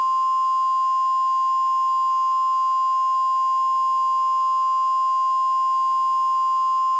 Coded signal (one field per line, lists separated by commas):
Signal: Emergency Alert System (SAME) tones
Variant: 1050 Hz attention tone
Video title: EAS Scenario #1: Child's Play